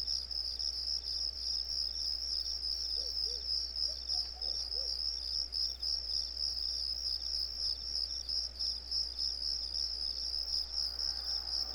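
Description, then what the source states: Crickets chirping in a steady, continuous high-pitched pulsing chorus, with a few brief faint lower chirps. Crickets on a residential street.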